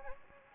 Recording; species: mosquito wingbeat signal from an infrared sensor; Anopheles gambiae